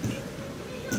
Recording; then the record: coughing mixed with background sound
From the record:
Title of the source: Spring Cold Coughing.